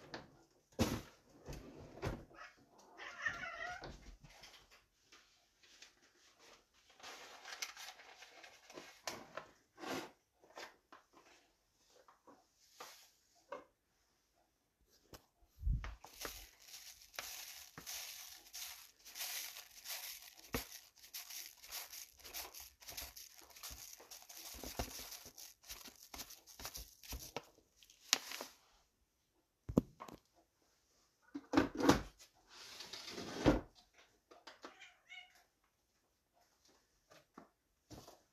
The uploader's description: Getting up, coffeebrewing , catmeowing, firestarting, snowwalking, cofeesipping, writing